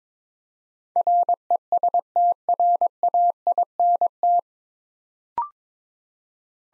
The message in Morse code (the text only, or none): RESTRAINT